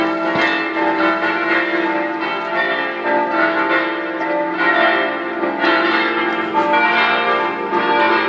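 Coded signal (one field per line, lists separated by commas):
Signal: bell signal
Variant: five-bell swinging peal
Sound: several large church bells swinging and ringing continuously, overlapping in a festive peal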